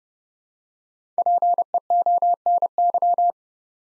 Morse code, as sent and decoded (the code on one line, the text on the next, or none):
.--. . --- -. -.--
PEONY